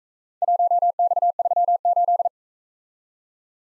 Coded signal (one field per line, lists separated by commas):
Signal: Morse code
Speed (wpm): 43 wpm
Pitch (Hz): 700 Hz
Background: none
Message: 1X38